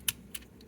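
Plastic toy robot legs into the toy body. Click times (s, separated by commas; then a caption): 0.1 s, 0.4 s. While resetting a transforming toy robot, the plastic front legs are pulled in together into the toy body so they snap into place at once, since folding them separately makes one leg trigger the other back and forth. Sharp plastic snaps are heard at 0.1 s and 0.4 s, followed by a faint tick near 0.6 s. The legs are seated in place.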